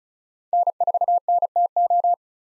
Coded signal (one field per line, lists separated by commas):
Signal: Morse code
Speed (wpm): 34 wpm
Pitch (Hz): 700 Hz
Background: none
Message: N4NTO